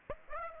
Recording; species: mosquito wingbeat signal from an infrared sensor; Aedes aegypti